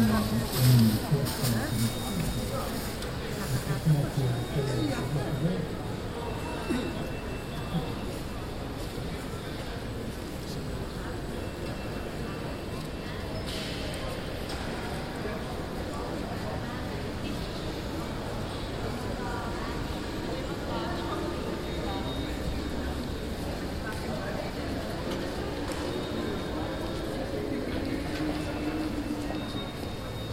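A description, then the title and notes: A quiet afternoon in the atrium of The Hague City Hall, filled with a steady low murmur of voices and a soft rumble underneath. A few louder sounds come in the first two seconds, then the hum stays even, with scattered faint talk throughout. Atrium City Hall/Atrium Stadhuis Den Haag. Recording made in the Atrium of the The Hague City Hall on a pretty quiet summer afternoon.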